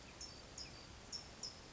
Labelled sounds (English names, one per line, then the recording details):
California Towhee
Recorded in Sonoma County, California